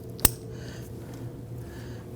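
A wiring harness connector is pushed onto the VVT solenoid on the engine of a 2009-2017 Volvo XC60 3.2L. A faint tick is followed by a single sharp, loud click at 0.3 s, then only a low steady hum remains. The connector is seated, clicked into place.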